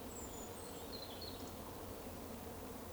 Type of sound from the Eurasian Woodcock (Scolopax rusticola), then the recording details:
whistle. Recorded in Baden-Württemberg, Germany, on 11 June 2020 at 20:18 UTC. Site 14569, 102 m above sea level